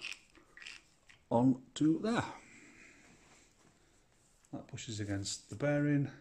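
A bearing spacer or seal part is being handled and pushed against the rear axle bearing while the rear wheel bearing assembly is refitted on a Beetle swing axle gearbox. Someone talks throughout, with a few faint, brief handling ticks around 0.3–0.7 s. Nothing has seated or clicked into place yet.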